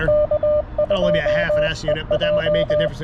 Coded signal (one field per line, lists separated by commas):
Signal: Morse code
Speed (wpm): 21 wpm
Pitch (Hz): 600 Hz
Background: speech, radio noise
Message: K2EJ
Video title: CW POTA at US-4567 with the TX-500